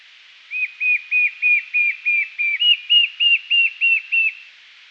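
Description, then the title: White-shouldered fire-eye singing a regular run of about thirteen short arched whistles, three a second, stepping slightly higher in pitch halfway through. "LuckyPassaro Completos2Sama. White-shouldered Fire-eye (Pyriglena leucoptera)"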